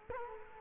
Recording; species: mosquito wingbeat signal from an infrared sensor; Culex quinquefasciatus